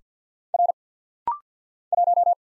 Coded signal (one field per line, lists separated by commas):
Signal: Morse code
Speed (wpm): 50 wpm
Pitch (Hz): 700 Hz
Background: none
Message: R 1